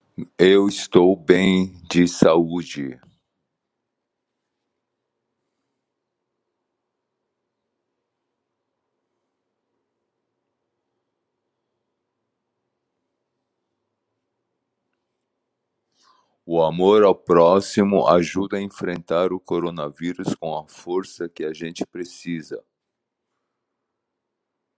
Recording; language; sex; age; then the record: spoken sentence; Brazilian Portuguese; male; 60 to 69 years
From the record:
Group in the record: control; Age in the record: 60 years